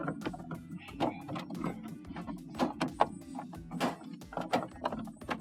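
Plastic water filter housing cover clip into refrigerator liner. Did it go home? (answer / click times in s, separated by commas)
no / none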